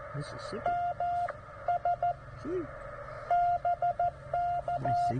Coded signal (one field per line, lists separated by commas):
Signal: Morse code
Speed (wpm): 14 wpm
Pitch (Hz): 700 Hz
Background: speech, radio noise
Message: MS BK